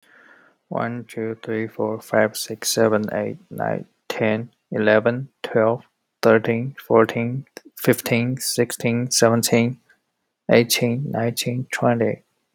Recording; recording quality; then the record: counting at a normal pace; excellent, no background noise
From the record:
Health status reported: healthy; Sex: male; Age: 24 years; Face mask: not worn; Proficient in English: yes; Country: United States